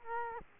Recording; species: mosquito wingbeat signal from an infrared sensor; Culex quinquefasciatus